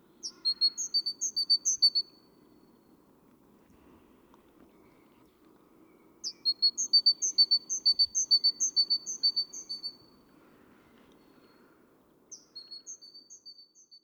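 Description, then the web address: Great tit calls: three bursts of quick, evenly repeated high, sharp notes, roughly six seconds apart, over a soft low steady hum. "SETE data Parus major"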